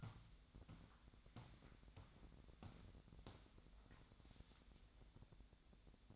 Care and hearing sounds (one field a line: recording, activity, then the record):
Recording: daily activity, microphone in the room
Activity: walk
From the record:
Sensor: 3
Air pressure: 1012.2 hPa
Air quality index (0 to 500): 186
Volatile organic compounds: 3 ppm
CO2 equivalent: 1420 ppm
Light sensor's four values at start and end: 52/139/60/63 and 53/139/60/63